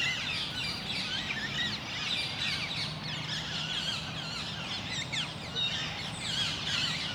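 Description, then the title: Parakeet flock chattering continuously, many shrill, scratchy calls overlapping, over a steady low hum. Parakeets in Parc Duden, Forest, Brussels, Belgium, just before nightfall; recorded with a handheld recorder's internal XY microphones. "Parc Duden, Forest, Bruxelles-Capitale, Belgique - Parakeets - Perruches"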